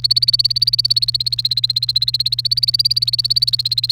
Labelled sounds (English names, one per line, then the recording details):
Domestic Canary song
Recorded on 30 April 2018 at 16:22
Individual llb3